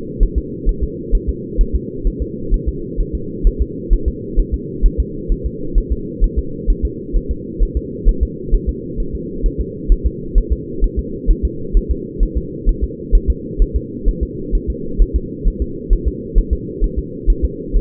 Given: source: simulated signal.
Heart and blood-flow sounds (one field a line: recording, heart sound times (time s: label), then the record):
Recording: fetal heart sounds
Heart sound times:
0.23 s: S1
0.38 s: S2
0.69 s: S1
0.83 s: S2
1.15 s: S1
1.29 s: S2
1.61 s: S1
1.75 s: S2
2.07 s: S1
2.22 s: S2
2.54 s: S1
2.68 s: S2
3.00 s: S1
3.15 s: S2
3.47 s: S1
3.62 s: S2
3.93 s: S1
4.08 s: S2
4.40 s: S1
4.54 s: S2
4.86 s: S1
5.00 s: S2
5.32 s: S1
5.46 s: S2
5.78 s: S1
5.92 s: S2
6.24 s: S1
6.39 s: S2
6.70 s: S1
6.85 s: S2
7.16 s: S1
7.31 s: S2
7.62 s: S1
7.77 s: S2
8.09 s: S1
8.23 s: S2
8.54 s: S1
8.69 s: S2
9.00 s: S1
9.15 s: S2
9.46 s: S1
9.61 s: S2
9.92 s: S1
10.06 s: S2
10.38 s: S1
10.53 s: S2
10.84 s: S1
10.99 s: S2
11.31 s: S1
11.45 s: S2
11.77 s: S1
11.91 s: S2
12.23 s: S1
12.38 s: S2
12.69 s: S1
12.84 s: S2
13.15 s: S1
13.30 s: S2
13.62 s: S1
13.76 s: S2
14.08 s: S1
14.23 s: S2
14.55 s: S1
14.70 s: S2
15.02 s: S1
15.16 s: S2
15.48 s: S1
15.62 s: S2
15.93 s: S1
16.08 s: S2
16.38 s: S1
16.53 s: S2
16.84 s: S1
16.99 s: S2
17.30 s: S1
17.44 s: S2
17.76 s: S1
From the record:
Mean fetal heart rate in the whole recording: 130 bpm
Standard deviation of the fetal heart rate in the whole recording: 2 bpm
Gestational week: 38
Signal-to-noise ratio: -4.3 dB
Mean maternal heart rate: 72 bpm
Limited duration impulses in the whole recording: absent